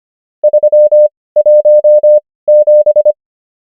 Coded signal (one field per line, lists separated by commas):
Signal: Morse code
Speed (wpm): 25 wpm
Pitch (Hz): 600 Hz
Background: none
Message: 317